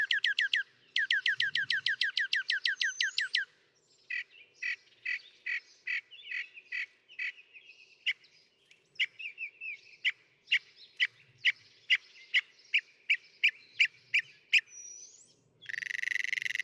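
Northern mockingbird singing a rapid rattling trill, followed by varied repeated chips and short whistled phrases, ending in a harsh burst.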